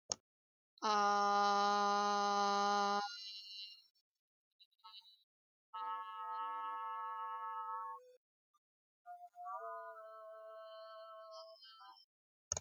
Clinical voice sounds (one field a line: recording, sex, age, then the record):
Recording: vowel held as long as possible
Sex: female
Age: 30 to 39 years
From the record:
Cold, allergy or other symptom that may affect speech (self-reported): no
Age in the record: 37 years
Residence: Ohio, United States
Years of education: 16